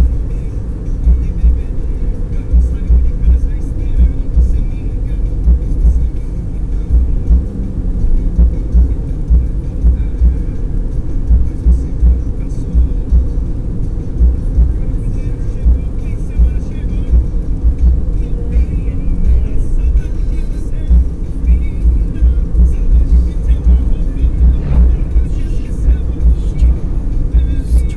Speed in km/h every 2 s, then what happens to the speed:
75, 76, 74, 73, 73, 73, 73, 74, 75, 73, 71, 71, 72, 71.
0-28 steady at about 73.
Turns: none.